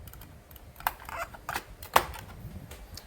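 During reassembly of the pump unit on an Epson L3110/L3150 printer, being replaced to fix ink not coming out, a plastic ink pad holder is pushed back into the printer frame. Soft clattering handling noise surrounds two sharp clicks at 0.9 s and 2.0 s, and the part is seated in place.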